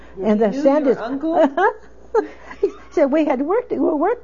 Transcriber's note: she laughs